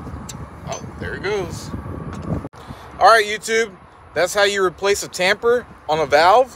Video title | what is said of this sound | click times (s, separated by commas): Replacing 🔥 tamper switch on wall post. #firefighter#fireprotection#sprinkler#nfpa#houston#tamper | all right guys it's installed this is how you know it's installed correctly you'll hear the click | 0.3 s